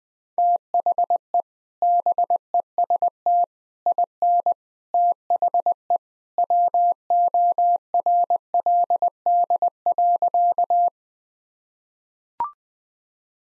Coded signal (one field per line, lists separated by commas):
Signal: Morse code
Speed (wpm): 21 wpm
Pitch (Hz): 700 Hz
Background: none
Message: THE BEST IN THE WORLD.